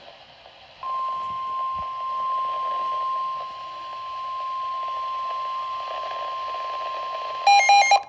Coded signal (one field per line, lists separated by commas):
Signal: Emergency Alert System (SAME) tones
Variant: 1050 Hz attention tone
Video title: AKQ SVR - WNG586 (6/16/23 - EAS # 264)